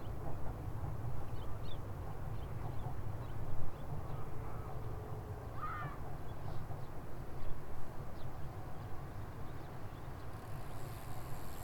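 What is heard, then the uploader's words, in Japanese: Standing on a riverbank, a steady low rumble fills the air, like a train on the tracks or passing traffic. Faint bird chirps and brief voice-like calls break through around four and six seconds, and a thin high hiss enters near the end. 土手にたたずむと聞こえてくる、自転車や子どもたちの遊び声、線路を走る電車や鳥のさえずり。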